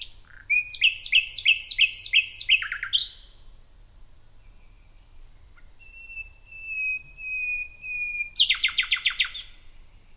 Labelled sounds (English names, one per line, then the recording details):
Common Nightingale song
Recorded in the wild
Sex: male
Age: adult
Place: Parsteinwerder, Parsteiner See, Brandenburg, DE
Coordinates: 52.9575, 13.9719
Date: 2007-05-09 23:50
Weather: fair, 10°C, weak westerly winds
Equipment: Sound Devices 702, Sennheiser MKH 416-T, Windkorb
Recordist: Frommolt, Karl-Heinz